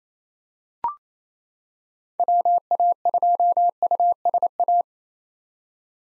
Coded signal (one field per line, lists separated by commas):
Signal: Morse code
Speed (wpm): 28 wpm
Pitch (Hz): 700 Hz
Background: none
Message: WA2USA